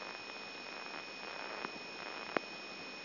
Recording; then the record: brain microelectrode recording played as sound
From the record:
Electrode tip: inside the subthalamic nucleus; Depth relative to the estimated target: 2.5 mm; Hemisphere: right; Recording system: AlphaMap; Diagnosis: Parkinson's disease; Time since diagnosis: 14 years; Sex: male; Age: 66 years